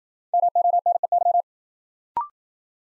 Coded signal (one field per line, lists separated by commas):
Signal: Morse code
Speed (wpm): 52 wpm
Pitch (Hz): 700 Hz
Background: none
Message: MONEY